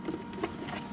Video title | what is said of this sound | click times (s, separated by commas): Dewalt 20 VOLT Vacuum Repair DIY | want to get, there we go. Now it's clicked in. | 0.4 s